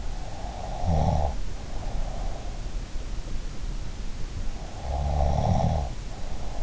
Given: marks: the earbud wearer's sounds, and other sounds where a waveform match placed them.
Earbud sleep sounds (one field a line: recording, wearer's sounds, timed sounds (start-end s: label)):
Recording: sounds in sleep by an in-ear microphone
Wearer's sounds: snoring breath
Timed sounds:
0.37-2.44 s: snoring breath
4.94-6.63 s: snoring breath